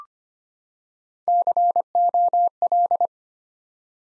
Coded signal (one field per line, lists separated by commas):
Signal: Morse code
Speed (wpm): 25 wpm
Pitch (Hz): 700 Hz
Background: none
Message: COL